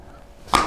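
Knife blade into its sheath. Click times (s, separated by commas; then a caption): 0.6 s. A classic Finnish knife (finka) is pushed into its sheath, where it is expected to go in with a characteristic click. After a quiet lead-in, a single sharp snap sounds at 0.6 s, and the blade locks into the sheath.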